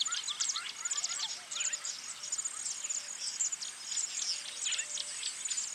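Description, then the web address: Birds singing in a dense chorus of high, rapid chirps and twitters, with faint low steady notes repeating underneath. Birds singing in a bird park. "zvuk peniya ptits v parke ptits eschyo park ptits"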